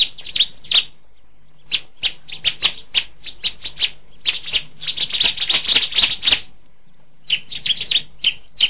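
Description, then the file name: Bar-winged Prinia giving rapid, dry, high chips, sometimes run together into fast chattering bursts separated by brief gaps. "ciblek"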